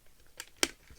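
On a second attempt, after the first try gave only one of the usual two snaps, the plastic head of a Hasbro Transformers Beast Wars Ultra Class Megatron toy figure is flipped up and pushed into its torso. A sharp click sounds at 0.4 s and a louder, brighter snap at 0.6 s, followed by a faint soft knock near 0.9 s. The head snaps home and is seated.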